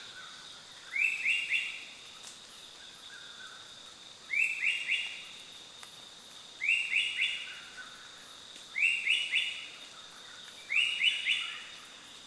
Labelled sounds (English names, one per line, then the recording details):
Dusky Long-tailed Cuckoo
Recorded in Kibale, Uganda